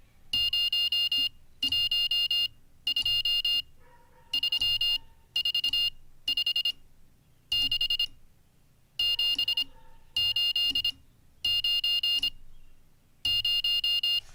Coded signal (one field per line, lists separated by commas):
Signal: Morse code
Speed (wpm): 26 wpm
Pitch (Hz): 2800 Hz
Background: none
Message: 0123456789 0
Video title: How to Learn Morse Code (Day 42) [Livestream]